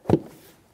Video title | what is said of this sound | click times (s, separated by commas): How to Replace Camshaft Position Sensors 2011-2020 Toyota Sienna | and it's locked in | 0.1 s